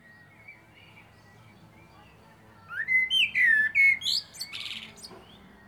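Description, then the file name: Common blackbird song: a single phrase of warbled, flute-like notes rising and falling, finished with a brief squeaky high twitter, after quiet background. "Turdus merula"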